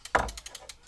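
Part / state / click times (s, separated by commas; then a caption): crossbow bowstring into trigger latch / seated / 0.1 s. A crank cocking device draws a crossbow string back until it latches into the trigger housing, with a strong click at 0.2 s. Lighter, evenly spaced ratchet ticks from the crank continue around it. The string is seated in the trigger latch.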